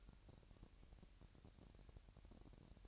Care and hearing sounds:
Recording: daily activity, microphone in the room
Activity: take from stove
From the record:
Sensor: 2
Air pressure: 1011.9 hPa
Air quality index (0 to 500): 188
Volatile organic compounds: 3 ppm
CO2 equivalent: 1339 ppm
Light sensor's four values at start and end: 72/170/69/66 and 72/170/69/66

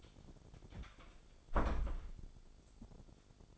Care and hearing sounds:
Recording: daily activity, microphone in the room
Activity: close door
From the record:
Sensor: 5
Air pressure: 1007.3 hPa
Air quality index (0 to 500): 171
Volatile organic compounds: 4 ppm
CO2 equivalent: 1637 ppm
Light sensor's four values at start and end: 56/158/61/62 and 55/157/61/61

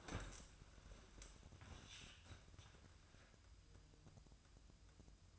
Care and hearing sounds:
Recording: daily activity, microphone in the room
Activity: stand up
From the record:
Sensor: 2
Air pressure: 1004.9 hPa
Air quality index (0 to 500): 85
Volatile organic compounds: 2 ppm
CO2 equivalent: 1020 ppm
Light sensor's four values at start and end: 7/16/7/7 and 8/18/7/7

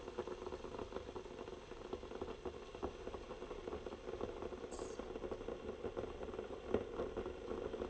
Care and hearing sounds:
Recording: daily activity, microphone in the room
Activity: make coffee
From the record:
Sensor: 4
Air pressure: 992.5 hPa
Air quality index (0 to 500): 142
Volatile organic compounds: 77 ppm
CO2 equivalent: 3583 ppm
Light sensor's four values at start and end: 18/63/23/24 and 17/60/22/22

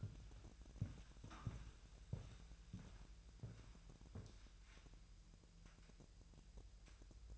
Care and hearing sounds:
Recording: daily activity, microphone in the room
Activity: walk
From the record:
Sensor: 2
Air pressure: 1002.0 hPa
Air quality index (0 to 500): 230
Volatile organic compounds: 58 ppm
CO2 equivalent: 3394 ppm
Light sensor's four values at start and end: 7/16/6/7 and 6/16/6/7

